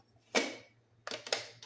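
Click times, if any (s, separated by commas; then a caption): 1.3 s. A plastic part is pushed into place on a coffee grinder body, with a loud knock at 0.4 s and then a quick run of sharp plastic clicks between 1.1 and 1.6 s over a low steady hum. The sharpest click, at 1.3 s, is the part locking in place.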